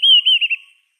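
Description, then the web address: Dideric cuckoo display call, a single clear whistled phrase of about four quick connected notes, slightly falling and fading within a second, on a quiet background. Male display. "Schulze Peter Dideric Cuckoo"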